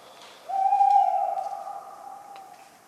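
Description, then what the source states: Tawny owl hoot, a loud sustained tone starting abruptly and slowly fading over two seconds. A talkative owl on a cold autumn night, 11 November 1995, at the Ménigoute ornithological film festival, France.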